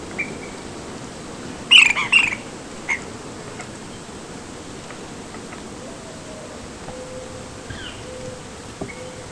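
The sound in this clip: Ash-throated flycatcher calling a loud, rough doubled burst followed by one short note, then mostly quiet hiss with faint chirps.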